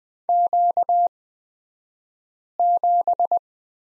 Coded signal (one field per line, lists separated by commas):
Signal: Morse code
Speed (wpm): 20 wpm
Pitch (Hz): 700 Hz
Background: none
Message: Q7